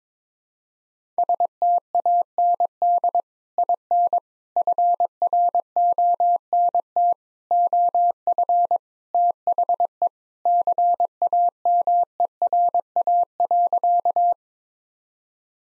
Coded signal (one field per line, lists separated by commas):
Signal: Morse code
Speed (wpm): 22 wpm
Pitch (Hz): 700 Hz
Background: none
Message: STAND IN FRONT OF THE CAMERA.